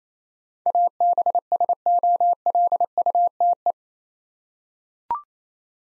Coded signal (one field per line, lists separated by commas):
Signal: Morse code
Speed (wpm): 28 wpm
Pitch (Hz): 700 Hz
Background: none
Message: ABSOLUTE